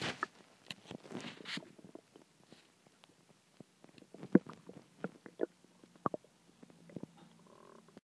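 Irregular gurgles, clicks and soft rumbles from an adult's tummy: ordinary bowel sounds.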